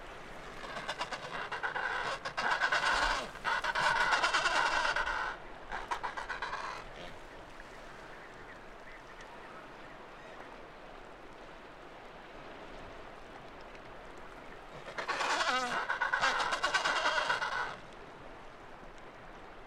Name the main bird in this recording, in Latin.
Pygoscelis adeliae